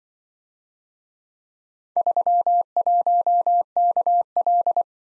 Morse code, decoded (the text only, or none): 31KL